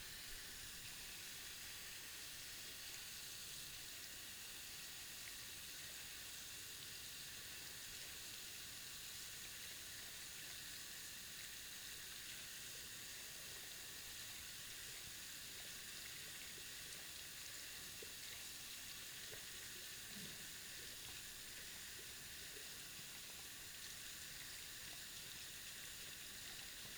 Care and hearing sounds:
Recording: daily activity, guitar pickup as the sensor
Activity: wash hands

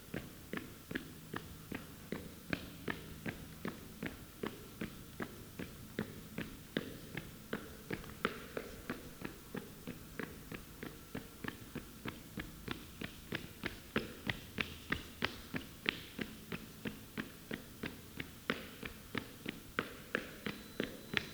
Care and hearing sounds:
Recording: daily activity, guitar pickup as the sensor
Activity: run

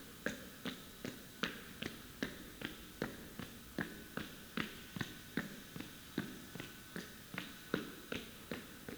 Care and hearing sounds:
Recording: daily activity, guitar pickup as the sensor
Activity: run

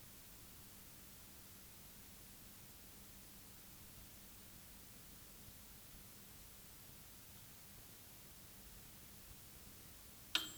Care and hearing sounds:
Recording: daily activity, guitar pickup as the sensor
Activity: use microwave

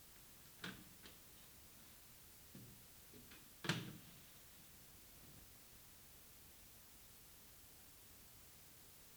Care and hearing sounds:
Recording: daily activity, guitar pickup as the sensor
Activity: use microwave

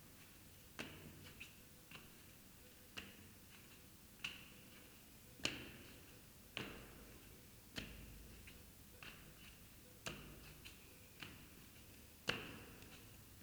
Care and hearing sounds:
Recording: daily activity, guitar pickup as the sensor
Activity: go upstairs

